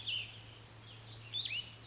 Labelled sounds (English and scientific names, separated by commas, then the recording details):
Cassin's Vireo (Vireo cassinii)
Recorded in Sonoma County, California